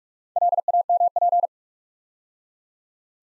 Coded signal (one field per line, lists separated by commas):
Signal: Morse code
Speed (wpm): 44 wpm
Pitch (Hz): 700 Hz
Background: none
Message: LAMP